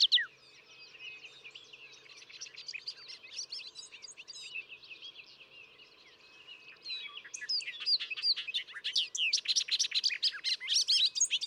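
Bobolink song, faint and scratchy at first, then a louder burst of rapid tumbling high notes over a steady hiss.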